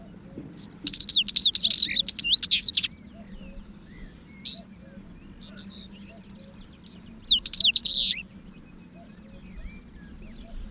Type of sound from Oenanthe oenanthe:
song